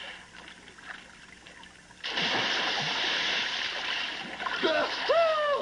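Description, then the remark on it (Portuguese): A sudden loud splash breaks a quiet lull as someone jumps into cold water, followed by a few seconds of churning, sloshing water and a voice crying out near the end. “E como é que tá a água? Tá maravilhosa. Bom, então lá vou eu.”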